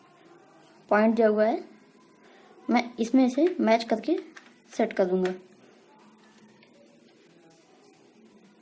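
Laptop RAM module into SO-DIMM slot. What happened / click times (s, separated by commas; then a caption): The memory module is being lined up but has not yet latched / none. A laptop DDR3L memory stick is being lined up with the key notch in the second SO-DIMM slot of a Dell laptop. Someone talks from about 0.9 to 5.4 s, then faint handling noises follow, with small sharp sounds at 6.6 s and 8.6 s. The module has not seated or clicked into place yet.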